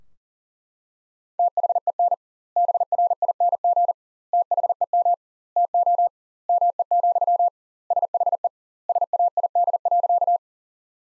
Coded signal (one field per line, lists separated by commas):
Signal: Morse code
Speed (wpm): 40 wpm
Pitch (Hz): 700 Hz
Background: none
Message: THEN BRING THEM TO ME, SHE SAID.